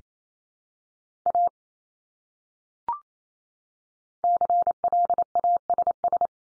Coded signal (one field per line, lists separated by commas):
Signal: Morse code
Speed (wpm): 28 wpm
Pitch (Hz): 700 Hz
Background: none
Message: A CLASS